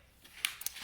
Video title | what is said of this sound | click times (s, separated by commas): How to build IKEA Sektion Maximera drawer for Base Cabinets | line it up here push it against it you hear a click and then it's in | 0.5 s